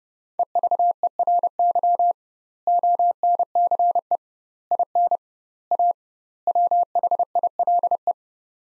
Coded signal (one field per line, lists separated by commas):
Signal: Morse code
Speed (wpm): 32 wpm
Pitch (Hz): 700 Hz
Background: none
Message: EVERY ONCE IN A WHILE